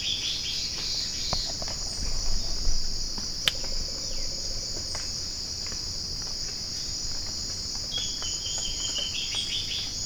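Bird: a faint run of quick high notes near the end, partly masked by a steady shrill insect drone, with a few clicks earlier.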